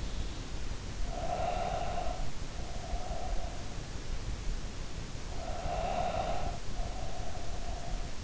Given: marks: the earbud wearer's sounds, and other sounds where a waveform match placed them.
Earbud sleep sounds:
sounds in sleep by an in-ear microphone; breath
0.94-4.05 s: breath
5.30-8.24 s: breath

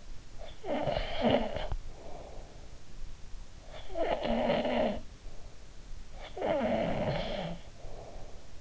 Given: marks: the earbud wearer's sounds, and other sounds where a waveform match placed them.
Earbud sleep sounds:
sounds in sleep by an in-ear microphone; snoring breath
0.20-2.93 s: snoring breath
3.42-5.53 s: snoring breath
5.72-8.61 s: snoring breath

